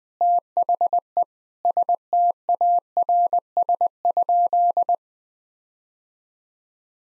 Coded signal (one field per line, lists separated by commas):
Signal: Morse code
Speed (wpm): 20 wpm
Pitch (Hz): 700 Hz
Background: none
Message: THE STARS?